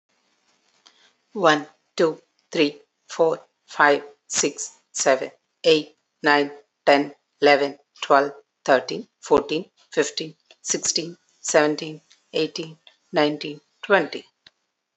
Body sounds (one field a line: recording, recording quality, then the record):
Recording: counting at a normal pace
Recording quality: excellent, no background noise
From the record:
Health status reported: healthy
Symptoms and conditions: none ticked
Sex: female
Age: 41 years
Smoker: not ticked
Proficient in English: yes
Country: India